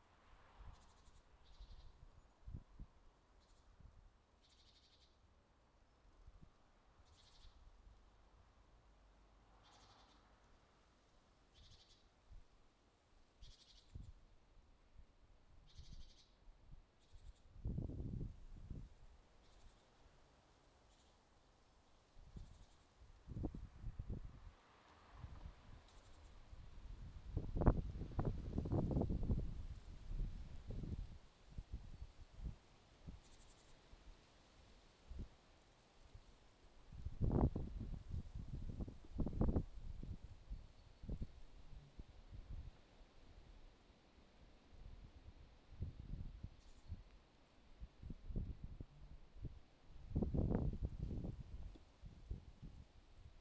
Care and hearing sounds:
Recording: everyday scene through a hearing-aid microphone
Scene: wind on the microphone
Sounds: wind, traffic, birds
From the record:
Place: suburban garden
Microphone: in the ear canal, left

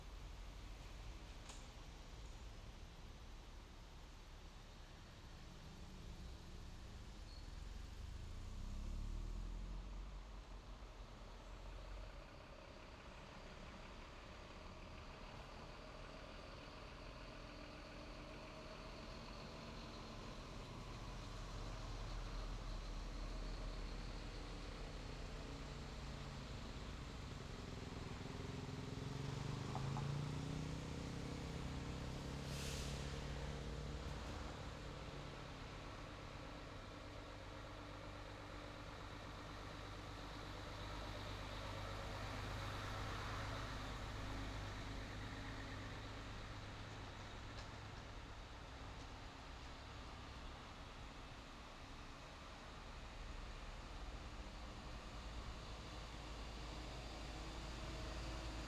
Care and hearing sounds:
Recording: everyday scene through a hearing-aid microphone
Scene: in traffic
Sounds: traffic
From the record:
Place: main road on the outskirts, rush hour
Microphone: in the ear canal, left

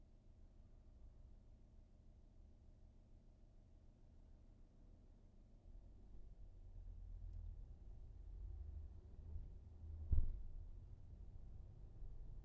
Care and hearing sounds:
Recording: everyday scene through a hearing-aid microphone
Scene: in a vehicle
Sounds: engine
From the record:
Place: VW T5 Caravelle, diesel engine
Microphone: behind the ear, right, rear

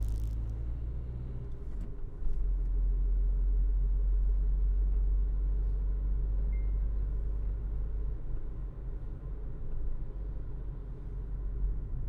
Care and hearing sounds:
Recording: everyday scene through a hearing-aid microphone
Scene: in a vehicle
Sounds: engine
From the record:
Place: Berlingo II, diesel engine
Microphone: behind the ear, left, rear

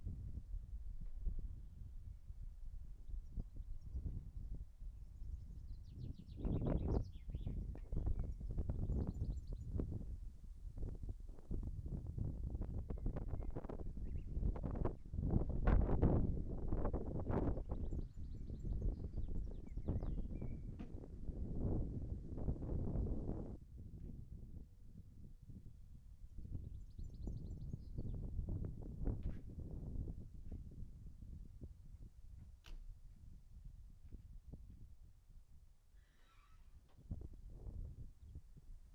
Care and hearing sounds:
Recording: everyday scene through a hearing-aid microphone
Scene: wind on the microphone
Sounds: wind, other noises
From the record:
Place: in front of a rural house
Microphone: behind the ear, right, rear

